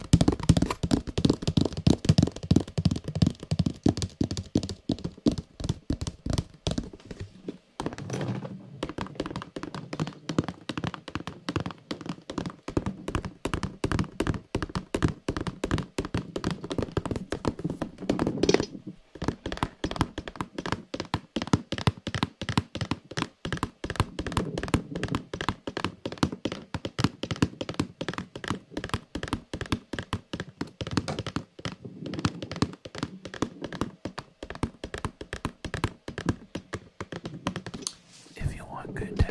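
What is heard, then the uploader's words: Fast, steady fingertip tapping on a small vase and boxes, dense clicky knocks with brief pauses near eight, nineteen and thirty-two seconds. Glorious Tapping on a Small Vase and Some Random Boxes (Bearded Audio ASMR). Tapping on a small vase and other boxes around his home.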